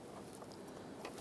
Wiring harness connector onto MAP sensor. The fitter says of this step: press it in and you hear it click